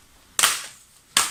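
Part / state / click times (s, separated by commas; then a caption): plastic screen bezel clips in a laptop display lid / released / 0.4 s, 1.2 s. A fingernail is worked between the screen and the plastic bezel of a Lenovo laptop display lid, which has no screws, and the bezel is lifted away. Two sharp snaps ring out at 0.4 s and 1.2 s as the plastic retaining clips pop free, and the bezel is released.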